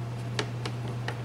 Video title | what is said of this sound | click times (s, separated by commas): Honda Blower Motor, Transistor and Cabin Air Filter Replacement - Accord 2004 (2003-2007 Similar) | we can just slide it straight in until it clicks and you should hear it click in on both sides | 0.4 s, 0.7 s, 1.1 s